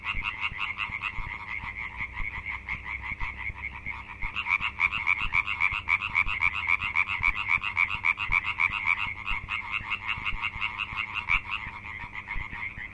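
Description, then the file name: European tree frogs calling in a chorus, rapid nasal rasping notes repeated several times a second, many callers overlapping continuously throughout. "Hyla arborea"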